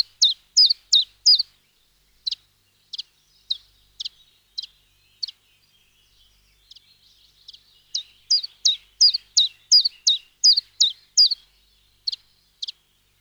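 Chiffchaff song of quick, repeated high chip-like notes, loud at first, fading to sparse soft notes midway, then a long loud run of rhythmic notes.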